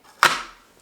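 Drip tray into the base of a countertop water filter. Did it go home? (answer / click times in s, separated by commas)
yes / 0.2 s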